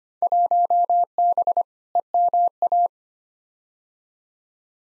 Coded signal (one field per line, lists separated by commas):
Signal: Morse code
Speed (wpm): 25 wpm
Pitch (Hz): 700 Hz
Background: none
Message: 1B EMA